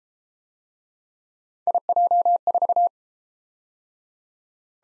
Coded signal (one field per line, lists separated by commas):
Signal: Morse code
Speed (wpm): 31 wpm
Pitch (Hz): 700 Hz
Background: none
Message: IJ4